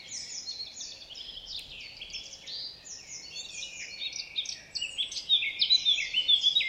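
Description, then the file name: Eurasian blackcap song: a continuous, high, scratchy warble that grows louder toward the end. "Sylvia atricapilla"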